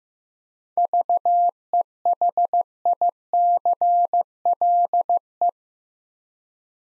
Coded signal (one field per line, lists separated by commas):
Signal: Morse code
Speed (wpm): 16 wpm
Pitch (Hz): 700 Hz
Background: none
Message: VEHICLE